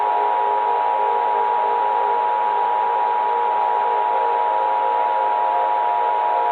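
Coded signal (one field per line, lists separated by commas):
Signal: Emergency Alert System (SAME) tones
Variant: 853 and 960 Hz attention tone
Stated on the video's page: Fictional scenario using valid EAS tones, made with software including eSpeak, ElevenLabs and NSTRS.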